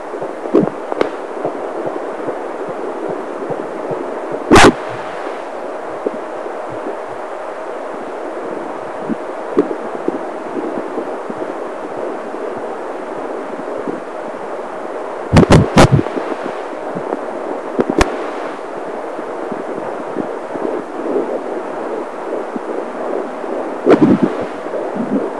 Baby heartbeat.